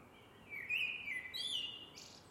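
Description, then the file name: Eurasian blackbird singing a short, rich, warbling phrase that slides up and down, then ends in a squeaky, high twitter. "MERLES"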